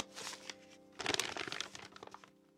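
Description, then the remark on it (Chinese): A handwritten paper letter, taken from a box, is unfolded with a few crisp rustles, then a louder burst of crinkling and crackling that tapers into softer, scattered crackles. No one speaks. “林叔拆开那封信，信里是何佑安亲笔所写，字迹娟秀，与他平日给影迷的签名无异。”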